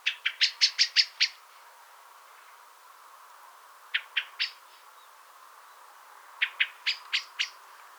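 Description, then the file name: Common blackbird giving sharp, clicking chink calls in rapid bursts: a long run of several notes, then a pause, then two shorter runs. "Turdus merula"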